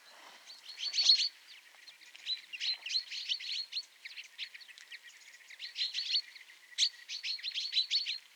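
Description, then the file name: Common chaffinch calls: dense bursts of sharp, high twittering notes in clustered groups, pausing briefly between runs, with faint background hiss. "Fringilla coelebs"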